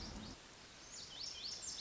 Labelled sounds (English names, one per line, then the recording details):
Lazuli Bunting
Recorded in Sonoma County, California